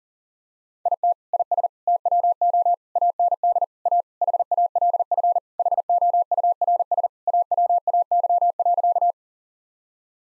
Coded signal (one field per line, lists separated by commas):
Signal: Morse code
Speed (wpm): 40 wpm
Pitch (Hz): 700 Hz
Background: none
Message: IT IS TWO AND A HALF HOURS AWAY.